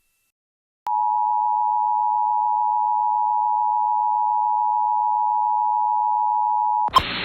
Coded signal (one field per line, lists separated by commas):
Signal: Emergency Alert System (SAME) tones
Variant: 853 and 960 Hz attention tone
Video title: The Floodz Don't Stop | EAS Alerts from 10/10/2022 (EAS #2060-2064)